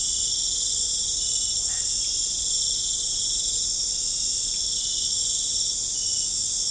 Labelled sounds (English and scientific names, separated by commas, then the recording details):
none
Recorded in pastures near Puerto Asís, Putumayo, Colombia, on 26 December 2024 at 22:00
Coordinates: 0.496, -76.326
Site G004